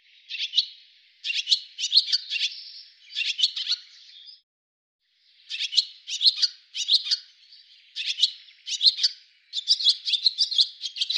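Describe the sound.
Bird chirping in steady bursts of quick bright notes, one pause around four seconds, then denser chirp runs to the end.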